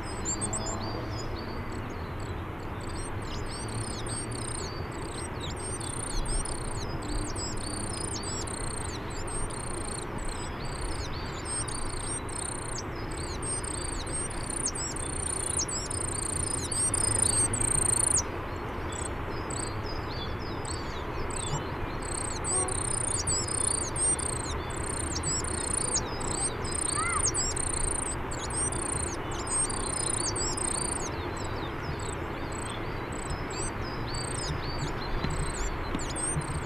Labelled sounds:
Coal Tit (Periparus ater) song

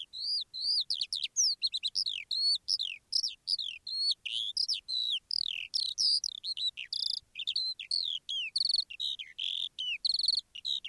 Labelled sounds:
Eurasian Skylark (Alauda arvensis)

